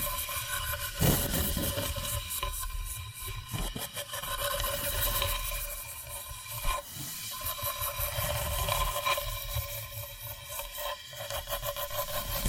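Tapping and scratching go on without pause, with quick, irregular clicks layered over a rough, hissy scraping that fills the upper range. A low, uneven rumble runs underneath, and a few sharper taps stand out near 1, 7 and 11 seconds.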